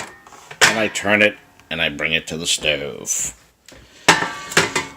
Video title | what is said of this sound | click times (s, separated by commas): GoWISE USA Air Fryer - I broke it and it's all my fault. | it didn't latch this time because I wasn't paying enough attention so it | none